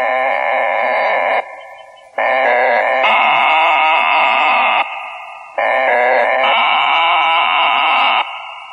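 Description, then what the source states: Chorus of frogs, dense overlapping trills broken by brief lulls of under a second. Frogs recorded at Harpers Mill.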